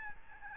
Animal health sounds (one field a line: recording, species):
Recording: mosquito wingbeat signal from an infrared sensor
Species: Aedes albopictus